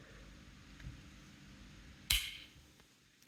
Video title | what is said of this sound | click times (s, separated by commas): Al Mar SERE 3003 Attack - The FIRST Tactical Survival Folding Knife | hear that snap | 2.1 s